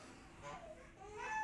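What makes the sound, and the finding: Infant in background. Infant crying.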